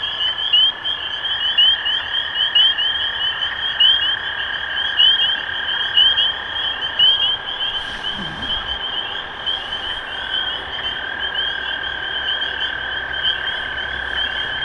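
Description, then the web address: Spring peeper chorus of many shrill, upslurred peeps over a steady lower drone, with a brief soft rustle midway. Recorded 23 March 2012. "rob animals Peepers-2012-0323"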